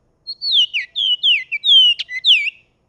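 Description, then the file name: Bahama oriole song: a quick string of clear whistled notes, several slurring downward, with one short sharp note near the end, over a quiet background. "Bahama Oriole Icterus northropi"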